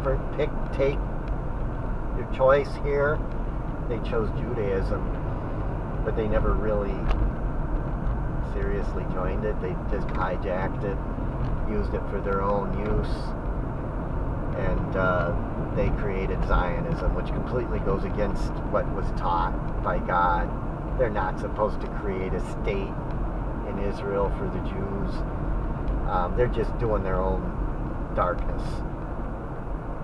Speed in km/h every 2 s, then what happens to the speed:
61, 60, 63, 63, 61, 63, 63, 64, 68, 68, 66, 66, 66, 61, 60.
23-30 slows to 60.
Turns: none.